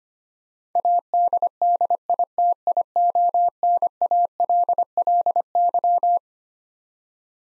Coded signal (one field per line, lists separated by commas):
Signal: Morse code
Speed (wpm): 25 wpm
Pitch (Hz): 700 Hz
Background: none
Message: ADDITIONALLY